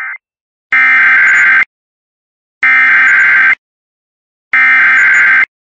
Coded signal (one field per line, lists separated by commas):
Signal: Emergency Alert System (SAME) tones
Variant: header bursts